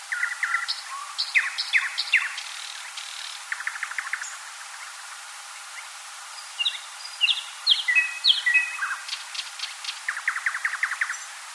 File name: solovejj vostochnyjj